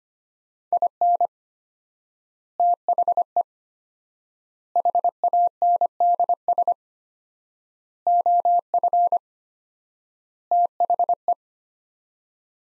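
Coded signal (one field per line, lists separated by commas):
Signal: Morse code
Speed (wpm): 25 wpm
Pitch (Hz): 700 Hz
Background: none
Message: IN THE HANDS OF THE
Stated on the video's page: Morse practice sending sets of five words at 25 wpm with 4x word spacing, a word-based analogue of Farnsworth spacing.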